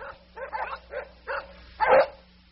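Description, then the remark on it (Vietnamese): Dogs led by prison camp guards bark as they run into the forest during a manhunt, in a quick, uneven series of about five rough yaps, the last one the loudest and sharpest, over a low steady hum. “Gặp đoàn tù đang líu ríu về trại, chúng hội ý với mấy tên cán bộ của Toán, rồi dắt chó chạy xô tỏa vào rừng gian.”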